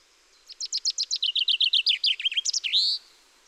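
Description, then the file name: Common chaffinch singing one complete song, a rapid trill of high notes falling in pitch and ending in an emphatic terminal flourish. "Fringilla coelebs"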